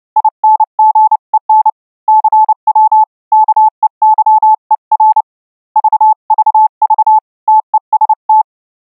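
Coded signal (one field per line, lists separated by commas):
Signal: Morse code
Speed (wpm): 29 wpm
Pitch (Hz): 870 Hz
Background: none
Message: INGEN CW KEYER VVV TEST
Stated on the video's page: Morse from a Linux software CW keyer built from audio plugins and filters, designed for QRQ at up to 150 WPM, keyed by audio sidetone or MIDI input; live demo.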